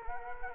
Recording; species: mosquito wingbeat signal from an infrared sensor; Culex quinquefasciatus